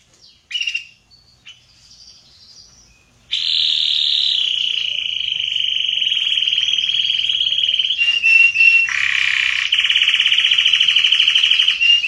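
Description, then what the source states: Canary song: a few scattered chirps, then a long, loud, unbroken high trill from about three seconds, shifting pitch and texture midway before rolling on to the end. Red Belgian canary.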